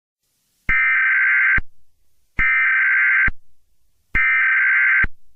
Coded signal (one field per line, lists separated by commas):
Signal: Emergency Alert System (SAME) tones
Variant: header bursts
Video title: EAS Mock; im NOT Moving-